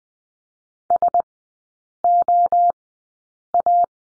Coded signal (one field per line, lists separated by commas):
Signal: Morse code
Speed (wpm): 20 wpm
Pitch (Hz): 700 Hz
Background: none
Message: SOA